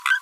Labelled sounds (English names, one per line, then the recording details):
Green-rumped Parrotlet babbling
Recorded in a nest box in Venezuela
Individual 18B25A3